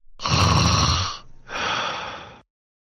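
An adult snoring: a loud, low, fluttering snore on the in-breath, a brief pause, then a softer, breathy out-breath.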